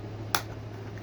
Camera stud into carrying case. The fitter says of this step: You see this little thing here? That will click into this